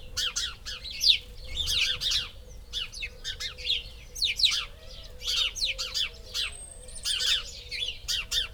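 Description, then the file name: House sparrow chirping, rapid cheeps in uneven bursts, with a faint thin whistle and a low background hum. "Passer domesticus"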